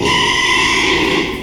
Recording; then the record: squeal of a Yucatan mini pig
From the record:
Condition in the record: after surgery on the right vocal fold (resection and tissue-engineered implant); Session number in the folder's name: 1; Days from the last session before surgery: 6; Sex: male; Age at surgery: 12 weeks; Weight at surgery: 13 kg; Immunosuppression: cyclosporine, prednisolone